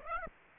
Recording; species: mosquito wingbeat signal from an infrared sensor; Aedes aegypti